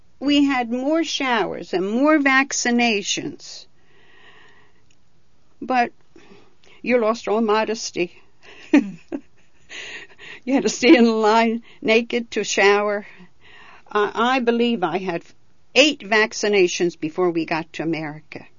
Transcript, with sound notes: We had more showers and more vaccinations. But you lost all modesty. ( she laughs ) You had to stand in a line naked to shower. I believe I had eight vaccinations before we got to America.